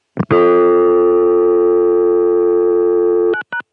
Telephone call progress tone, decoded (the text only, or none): dial tone